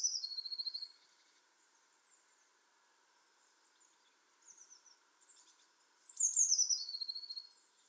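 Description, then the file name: Eurasian blue tit: end of a trill at the start, soft high notes, then a full phrase of thin high notes falling into a rapid pulsed trill. "Cyanistes caeruleus"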